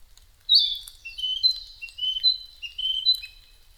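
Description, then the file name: Narcissus flycatcher song: a sequence of clear, whistled phrases with slurred notes, delivered in quick succession with short gaps. Recorded 5 May 2008 at 07:22. "kibitaki 20080505-0722"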